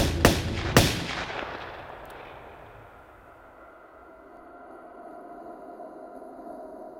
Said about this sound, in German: Der Chauffeur, einer aus Wolfsheims Verbrecherbande, hörte die Schüsse.